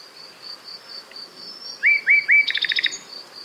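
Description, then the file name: Common nightingale song: three loud upslurred whistles in a row, then a quick run of pulsed notes, with a steady high-pitched hum behind. "Luscinia megarhynchos"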